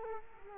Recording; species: mosquito wingbeat signal from an infrared sensor; Culex quinquefasciatus